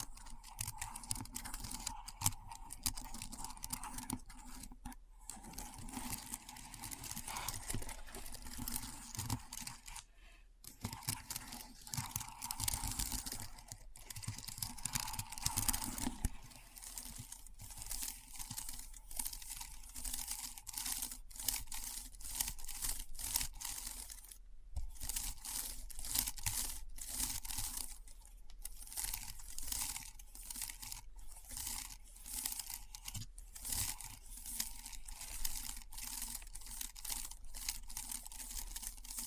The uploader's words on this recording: ASMR Keyboard Sounds (No Talking).